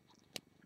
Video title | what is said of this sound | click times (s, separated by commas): Long Dangle Hoops | one of the clicks now | 0.4 s